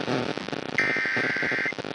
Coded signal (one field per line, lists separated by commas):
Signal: Emergency Alert System (SAME) tones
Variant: header bursts